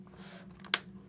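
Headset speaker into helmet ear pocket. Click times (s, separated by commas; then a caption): 0.7 s. A Sena Smart HJC 10B Bluetooth headset speaker is dipped into the helmet's ear pocket and pushed down until it clicks into place. After a few faint ticks, a sharp, bright click sounds at 0.7 s against a low steady hum. The click lets the installer know the speaker has seated and is engaged.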